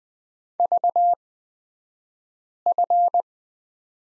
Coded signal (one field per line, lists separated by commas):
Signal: Morse code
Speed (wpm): 20 wpm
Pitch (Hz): 700 Hz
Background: none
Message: VF